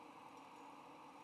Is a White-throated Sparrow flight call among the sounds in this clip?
no